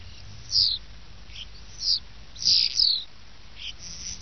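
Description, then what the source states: Common starling whistles: a few high, thin, down-slurred notes with softer squeaks between them. Starling song used as a lure in Italian traditional bird-catching (uccellagione).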